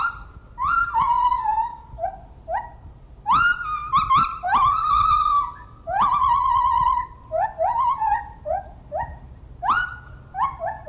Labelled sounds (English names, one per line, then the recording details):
Lar Gibbon
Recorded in captivity
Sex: male
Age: adult
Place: Zoo Rostock, Mecklenburg-Vorpommern, DE
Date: 1975-12-05 10:30
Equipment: Uher CR 210, Verstärker, Sennheiser MD 421, Kopie Unitra ZK 246
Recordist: Tembrock, Günter